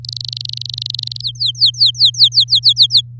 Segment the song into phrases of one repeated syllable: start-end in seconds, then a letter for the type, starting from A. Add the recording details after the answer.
0.04-1.21 A, 1.22-3.01 B. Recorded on 8 May 2018 at 12:59. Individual llb16